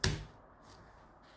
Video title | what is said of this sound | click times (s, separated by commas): 2015 Subaru Impreza Winter Wiper Replacement | that you heard it click snap it down place | 0.0 s